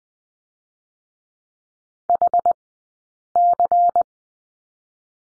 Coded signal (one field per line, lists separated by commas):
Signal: Morse code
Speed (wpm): 20 wpm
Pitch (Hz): 700 Hz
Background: none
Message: HC